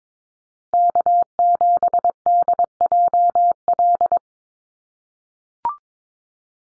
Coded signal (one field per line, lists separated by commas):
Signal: Morse code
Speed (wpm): 22 wpm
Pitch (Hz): 700 Hz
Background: none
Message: K7DJL